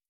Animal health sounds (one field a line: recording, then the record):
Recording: hydrophone in a shrimp aquaculture tank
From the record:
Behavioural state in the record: starved